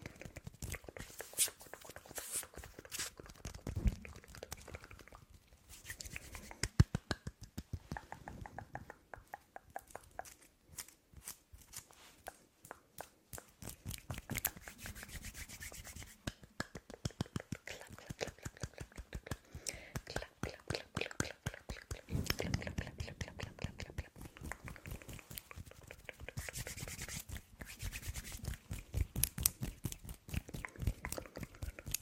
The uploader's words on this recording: ASMR Fast and Aggressive Hand Movements & Mouth Sounds.